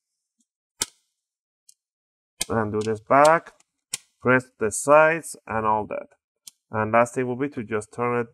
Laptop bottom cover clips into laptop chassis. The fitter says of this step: pinch them together and you should hear a few clicks